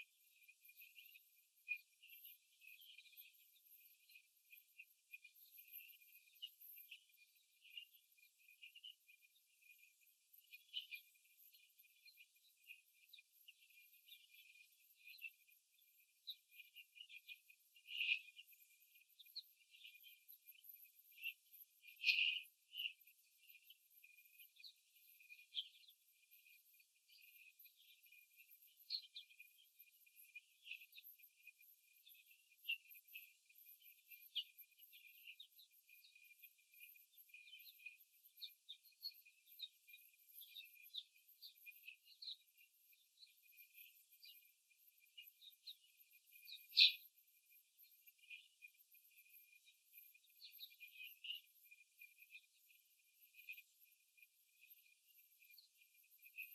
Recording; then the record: young laying hens in a cage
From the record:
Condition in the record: after the stressor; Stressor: simulated dog barking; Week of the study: 3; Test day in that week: 2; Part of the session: 2